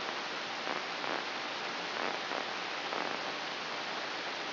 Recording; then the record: brain microelectrode recording played as sound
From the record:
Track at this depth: inside the subthalamic nucleus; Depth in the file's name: 5.934 mm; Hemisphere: right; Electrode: 2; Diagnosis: Parkinson's disease